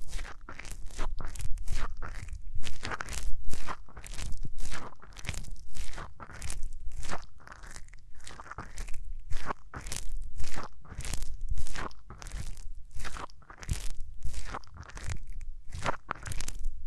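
Hands rubbing over the ears make a steady run of crunchy, rustling strokes, each a short bright burst with a low rumble beneath. The strokes come quickly and fairly evenly, about two per second, with brief quiet gaps and no other sounds.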